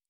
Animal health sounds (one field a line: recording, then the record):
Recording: hydrophone in a shrimp aquaculture tank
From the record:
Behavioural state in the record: normal